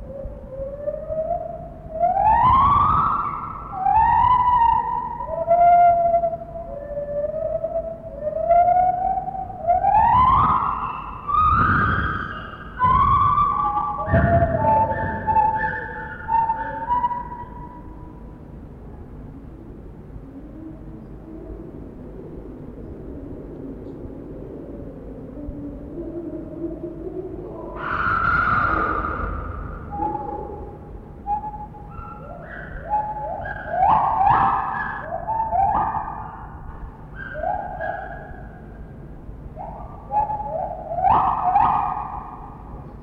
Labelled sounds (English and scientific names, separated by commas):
Lar Gibbon (Hylobates lar)